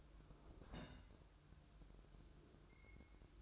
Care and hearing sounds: daily activity, microphone in the room; place on stove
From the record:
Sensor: 2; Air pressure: 1007.9 hPa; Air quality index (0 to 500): 107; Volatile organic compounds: 1 ppm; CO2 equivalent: 800 ppm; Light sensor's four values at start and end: 7/16/6/6 and 7/16/6/6

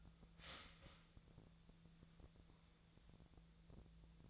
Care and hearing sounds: daily activity, microphone in the room; start toaster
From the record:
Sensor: 3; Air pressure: 1000.2 hPa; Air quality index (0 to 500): 152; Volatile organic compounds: 3 ppm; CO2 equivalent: 1346 ppm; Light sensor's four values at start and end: 38/96/40/44 and 38/96/40/44

